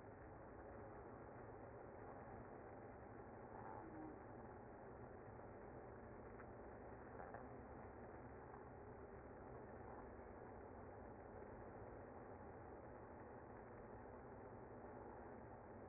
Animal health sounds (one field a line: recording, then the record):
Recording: honeybee colony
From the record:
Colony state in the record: active